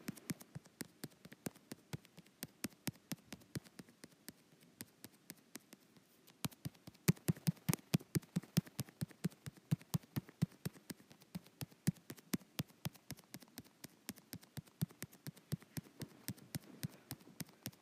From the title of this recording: ASMR Touch Screen